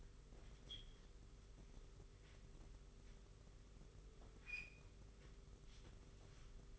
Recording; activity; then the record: daily activity, microphone in the room; wipe stove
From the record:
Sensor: 4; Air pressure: 991.3 hPa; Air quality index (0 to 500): 139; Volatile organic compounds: 58 ppm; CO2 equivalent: 3398 ppm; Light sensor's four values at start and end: 25/80/30/31 and 25/80/30/31